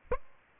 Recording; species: mosquito wingbeat signal from an infrared sensor; Aedes aegypti